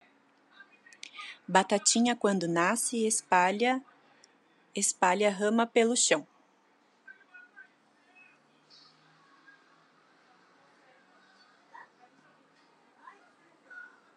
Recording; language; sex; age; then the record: short text; Brazilian Portuguese; female; 20 to 29 years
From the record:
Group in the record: control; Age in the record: 28 years